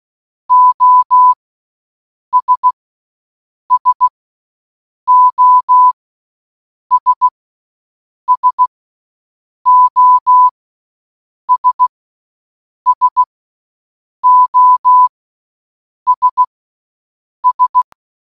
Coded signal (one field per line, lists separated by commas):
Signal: Morse code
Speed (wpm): 16 wpm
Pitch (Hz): 1000 Hz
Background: none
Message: OS SOS SOS SOS S